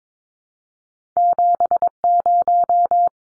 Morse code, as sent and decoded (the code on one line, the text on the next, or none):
--... -----
70